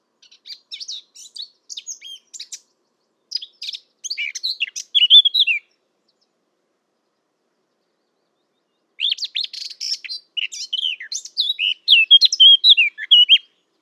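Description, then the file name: Eurasian blackcap song in two bouts of quick varied warbling, parted by roughly three seconds of silence. "Sylvia atricapilla"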